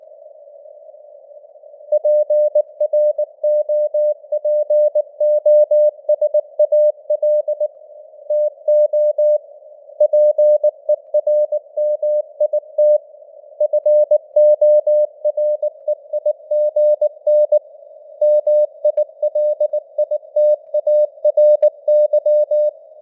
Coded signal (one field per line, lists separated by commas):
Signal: Morse code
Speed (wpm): 19 wpm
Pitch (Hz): 600 Hz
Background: none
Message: PROPOSAL TO PERMIT FOREIGN MILITARY